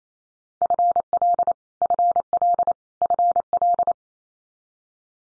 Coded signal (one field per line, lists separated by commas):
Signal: Morse code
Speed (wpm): 28 wpm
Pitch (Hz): 700 Hz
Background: none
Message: FL FL FL